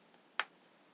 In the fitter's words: could you hear that little click